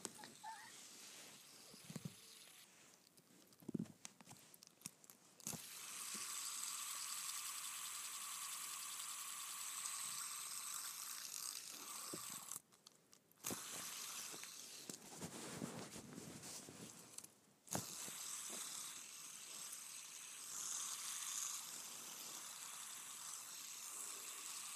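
A fidget spinner whirs with a steady, bright buzzing hum that holds through most of the clip. Clicks and handling taps cluster in the first six seconds and again around 13 and 17 seconds, where the hum briefly drops out before resuming.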